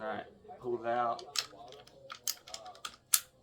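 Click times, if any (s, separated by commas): 3.1 s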